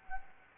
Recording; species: mosquito wingbeat signal from an infrared sensor; Anopheles gambiae